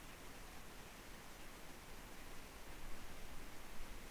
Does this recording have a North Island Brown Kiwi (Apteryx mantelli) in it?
no